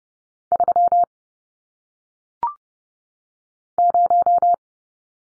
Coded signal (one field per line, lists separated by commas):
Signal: Morse code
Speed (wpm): 30 wpm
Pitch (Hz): 700 Hz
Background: none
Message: 3 0